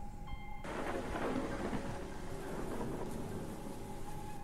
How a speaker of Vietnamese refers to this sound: Đúng lúc ấy thì bắt đầu có mưa ập đến. Trên bầu trời sấm chớp nổ đì đà đì đùng, càng làm cho không gian lại thêm phần đáng sợ.